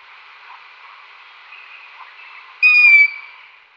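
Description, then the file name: Long-eared owl giving one high, squeaky, drawn-out call that falls slightly in pitch, heard once near the end over a steady background hiss. "waldohreule"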